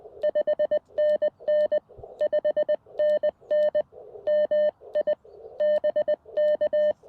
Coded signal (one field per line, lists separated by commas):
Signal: Morse code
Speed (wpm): 20 wpm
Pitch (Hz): 590 Hz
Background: none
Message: 5NN 5NN MI BK